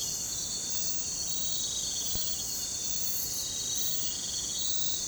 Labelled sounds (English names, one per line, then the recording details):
none
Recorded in pastures near Puerto Asís, Putumayo, Colombia, on 21 December 2024 at 04:00
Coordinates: 0.466, -76.322
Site G040